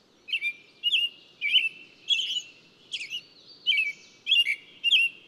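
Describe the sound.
Bird song of eight or nine clear high chirps, many slurring down, spaced about half a second apart, over a soft low background rumble.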